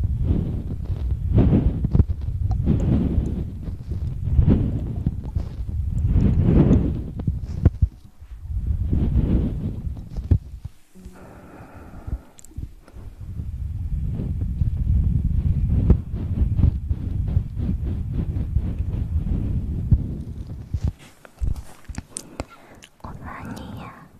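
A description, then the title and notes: Close, muffled sounds made right at the mouth, heavy and low, swelling in soft repeated surges through most of the clip. Around eleven seconds they pause briefly for a thin airy rustle, then resume; near the end brighter clicks and wet, squeaky sounds appear. Sounds close to the mouth!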